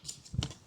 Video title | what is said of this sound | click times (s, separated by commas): Garden Kneeler and Seat, Heavy Duty Anti-Tip Foldable Gardening Stool Bench Kneeler with Widened | as you pull out carefully and lock into place by small silver clips. | 0.1 s, 0.4 s